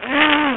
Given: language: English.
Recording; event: throat vibration sensor signal played as sound; throat clearing